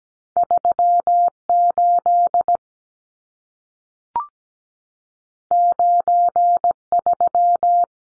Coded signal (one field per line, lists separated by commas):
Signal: Morse code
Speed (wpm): 17 wpm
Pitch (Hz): 700 Hz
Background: none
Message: 38 93